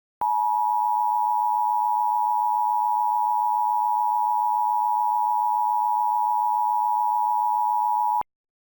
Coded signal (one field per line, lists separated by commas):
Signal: Emergency Alert System (SAME) tones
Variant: 853 and 960 Hz attention tone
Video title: EAS Scenario #4: Gacha Life